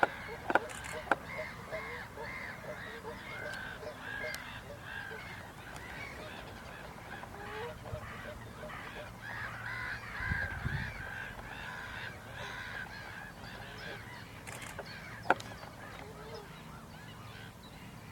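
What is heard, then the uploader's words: Two northern lapwings call among a dense, steady chatter of overlapping bird calls that runs the whole time, with a nasal, honking quality in the mid-high range. Sharp knocks sound near the start and around 15 seconds, and a low rumble passes near 10 seconds. Two Northern Lapwings (Kiebitze) in Enger, Germany.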